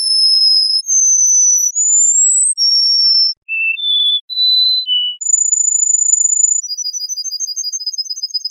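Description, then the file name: Canary song: a series of high, sustained whistles at shifting pitches, some rising or dipping, then a fast, rattling trill to the end. "kenari"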